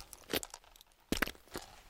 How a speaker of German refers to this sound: Es ist Samstag, der 14. Februar, 7.15 Uhr, und der Matrose geht langsamen Schrittes über den Hof.